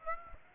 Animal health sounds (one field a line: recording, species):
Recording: mosquito wingbeat signal from an infrared sensor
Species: Aedes aegypti